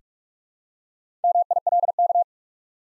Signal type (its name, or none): Morse code